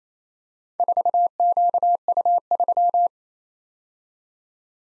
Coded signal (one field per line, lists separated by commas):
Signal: Morse code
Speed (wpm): 29 wpm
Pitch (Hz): 700 Hz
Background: none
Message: 4QU3